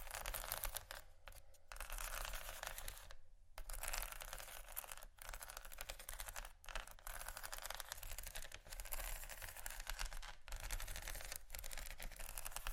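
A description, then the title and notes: Dense, continuous scratching over bumpy items, a gritty clicking rasp with brief pauses near three, five, six and a half, and ten seconds. ASMR Scratching Bumpy Items No Talking Rode Mics.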